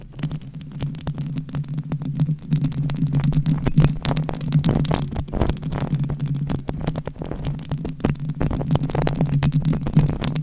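Dense, irregular scratching and rubbing against a microphone, with many sharp crackly bursts over a steady low hum that lasts throughout.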